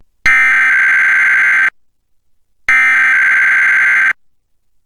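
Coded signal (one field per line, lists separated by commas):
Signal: Emergency Alert System (SAME) tones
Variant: header bursts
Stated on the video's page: Required weekly test relayed by an Oregon public radio digital TV subchannel, recorded off-air via digital tuner and HD TV antenna, with reception hiccups.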